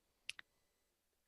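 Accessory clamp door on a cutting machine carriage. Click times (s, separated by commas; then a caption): 0.3 s, 0.4 s. The small plastic accessory clamp door on a Cricut Maker cutting machine's tool carriage is flipped closed by hand. Two sharp plastic clicks sound at 0.3 s and 0.4 s, followed by quiet. The door snaps shut and is seated.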